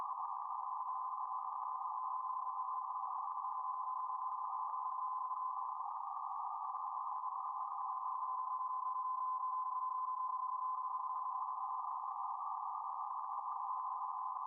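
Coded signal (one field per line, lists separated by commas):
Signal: PSK31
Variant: BPSK31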